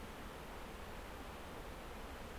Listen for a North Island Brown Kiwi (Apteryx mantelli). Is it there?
no